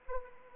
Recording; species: mosquito wingbeat signal from an infrared sensor; Anopheles arabiensis